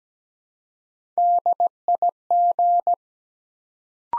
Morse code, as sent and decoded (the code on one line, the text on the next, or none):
-.. .. --.
DIG